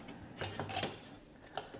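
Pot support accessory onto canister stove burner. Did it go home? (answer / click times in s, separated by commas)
no / none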